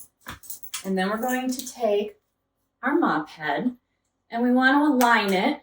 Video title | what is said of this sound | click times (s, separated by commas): Norwex Mop System Spray Attachment | and let that click into place. | 0.3 s